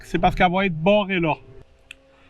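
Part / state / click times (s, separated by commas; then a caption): spring follower of an air pistol BB magazine / seated / 1.9 s. Someone talks while the spring follower of a Crosman MK45 CO2 air pistol's BB magazine is pulled all the way to the top of the magazine. After the talking stops, a single sharp click is heard at 1.9 s as the follower catches and locks in position.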